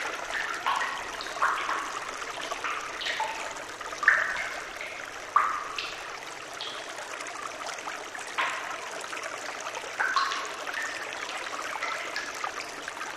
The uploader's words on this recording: Meditation Water Dripping Sound Secret Flowing Water White Noise. Each drop of water and the gentle flow of the stream echoes. The soft sounds of flowing water.